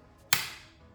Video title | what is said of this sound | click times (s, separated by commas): 2017-2019 BUICK ENCORE 1.4L Turbo - Leaking Vapor Canister Purge Valve Solenoid | okay and just it's a nice flat top just put your thumb on it and lock in place listen for the click | 0.3 s